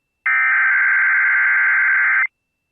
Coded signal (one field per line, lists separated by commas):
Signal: Emergency Alert System (SAME) tones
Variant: header bursts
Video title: Amber alert in Ohio (4 year old victim)￼ :Eas 65